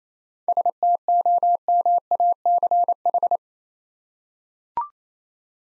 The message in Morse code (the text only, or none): STOMACH